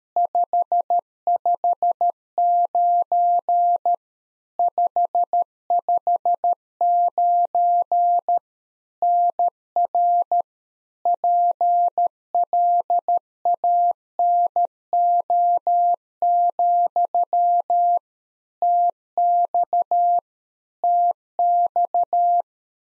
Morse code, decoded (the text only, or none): 559 559 NR PLANO, TX TX